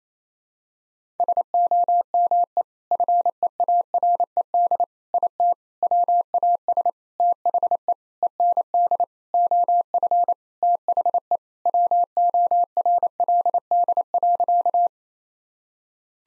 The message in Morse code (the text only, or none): SOME FEARED IT WAS THE END OF THE WORLD.